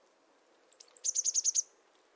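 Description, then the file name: Eurasian blue tit call: a thin high whistle followed by a rapid run of about six buzzy, chattering notes. "Cyanistes caeruleus"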